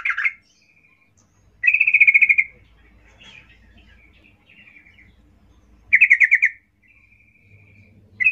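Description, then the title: Yellow-vented Bulbul song: two fast buzzy trilled bursts, each under a second, with soft warbled notes between, the second followed by a thin steady whistle. Trucuk singing in the lively ropel ngalas style, used as a lure to prompt other trucuk birds to sing. "GACOR Ropel Ngalas Pancingan Trucukan Agar Bunyi Jadikan Burung Trucuk"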